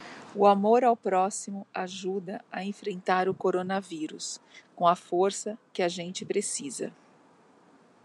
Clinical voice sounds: spoken sentence; Brazilian Portuguese; female; 50 to 59 years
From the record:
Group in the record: control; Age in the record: 50 years

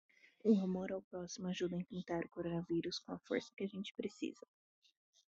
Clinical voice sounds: spoken sentence; Brazilian Portuguese; female; 20 to 29 years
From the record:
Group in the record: control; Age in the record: 22 years

